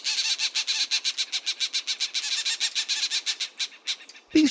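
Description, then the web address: Green Jay calling: a fast, dry series of harsh rasping notes, about eight a second for nearly four seconds. "birdnote-daily- episodio green-jay"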